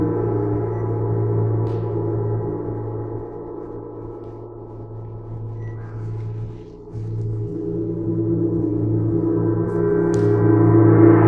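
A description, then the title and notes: A gong rings with a deep, humming drone, its low tones steady and layered with a wavering shimmer. The sound dips softer around the middle, then swells again after about seven seconds, growing fuller toward the end. Faint light clicks touch the top. Sound Therapy - Gong.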